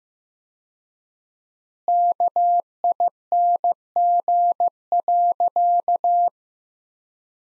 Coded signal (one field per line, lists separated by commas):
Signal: Morse code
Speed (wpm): 15 wpm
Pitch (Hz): 700 Hz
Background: none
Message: KING.